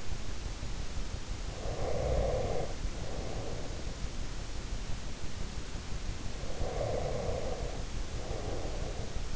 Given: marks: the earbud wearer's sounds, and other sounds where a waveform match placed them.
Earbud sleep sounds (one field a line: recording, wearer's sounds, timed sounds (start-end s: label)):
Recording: sounds in sleep by an in-ear microphone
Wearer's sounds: breath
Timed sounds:
1.65-4.10 s: breath
6.45-9.36 s: breath